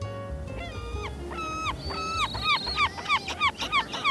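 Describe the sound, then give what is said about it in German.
Gulls circling over a terraced-house estate away from a prefab high-rise district, calling in a series of shrill, harmonic cries that swoop up and down in pitch, starting as longer wails and breaking into quicker, clipped squawks toward the end, over faint background noise. “Möwen kreisen über einer Reihenhaussiedlung abseits des Plattenbauviertels.”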